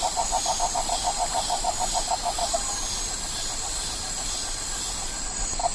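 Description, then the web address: Crested forest toad call: a rapid pulsed trill lasting about two and a half seconds, then stopping, with a brief restart at the very end, over continuous insect hiss. Frog of the Ecuadorian Amazon, Ecuador. "Frogs of Ecuadorian Amazon Bufo typhonius"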